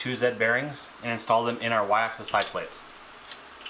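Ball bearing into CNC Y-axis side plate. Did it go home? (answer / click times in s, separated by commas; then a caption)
no / none. Someone talks while handling two 688ZZ ball bearings that are about to be pressed into the Y-axis side plates of a desktop CNC router, where they are meant to snap in flush with zero play. Two faint ticks come near the end, around 3.3 and 3.7 seconds. The clip ends before the bearings go home, so nothing has seated or clicked yet.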